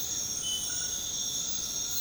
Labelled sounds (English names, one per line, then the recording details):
none
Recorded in secondary vegetation near Puerto Asís, Putumayo, Colombia, on 20 February 2024 at 22:30
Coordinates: 0.472, -76.331
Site G6371